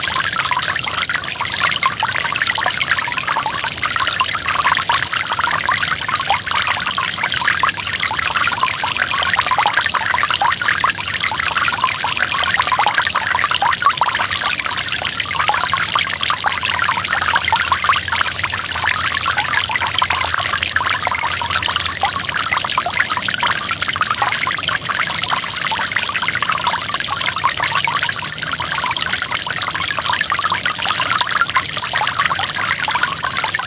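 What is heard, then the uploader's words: A waterfall rushes without pause, a dense, steady hiss of falling water that stays at the same level throughout. The sound is bright and splashy, with lots of fine crackling spray and little low rumble. This audio recording offers 60 minutes of waterfall waters flowing gently. The sound generated by waterfalls.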